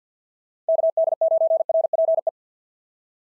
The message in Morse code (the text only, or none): KD9RPE